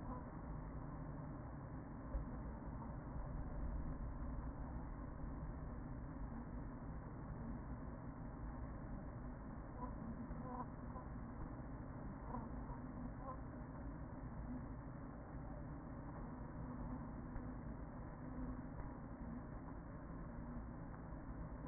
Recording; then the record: honeybee colony, microphone inside the hive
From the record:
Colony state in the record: queen present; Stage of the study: after two queens were removed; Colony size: about 40,000 bees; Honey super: no